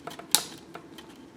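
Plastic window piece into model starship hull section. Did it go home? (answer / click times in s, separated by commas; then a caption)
partly / 0.3 s. A small clear plastic window is pressed into the hull section of a partwork Enterprise D starship model. A few soft taps lead up to one sharp, bright click at 0.4 s as the window clicks in, followed by fainter ticks. It is not fully seated.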